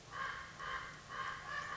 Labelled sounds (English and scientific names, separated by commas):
Common Raven (Corvus corax)